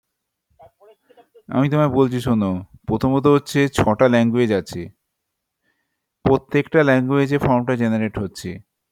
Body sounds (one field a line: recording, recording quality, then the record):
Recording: counting at a fast pace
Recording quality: poor, much background noise or distortion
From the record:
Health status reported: COVID-19 positive, mild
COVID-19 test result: positive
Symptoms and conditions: fatigue, hypertension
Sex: male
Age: 30 years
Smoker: yes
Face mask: worn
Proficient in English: yes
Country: India